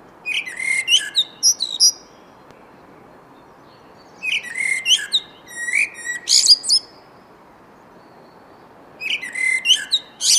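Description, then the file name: Eurasian blackbird singing three bursts of mellow warbling that break into high, thin squeaks, with pauses between and a constant low rushing noise. "Turdus merula"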